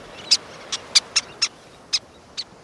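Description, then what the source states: Least Tern calls: short, sharp, very high squeaky notes, about eight of them at uneven intervals, over faint background hiss. Described as sounding like squeaky toys; terns that may nest on big sandy beaches, diving in the surf to catch small fish.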